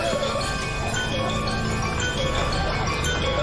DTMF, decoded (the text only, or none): none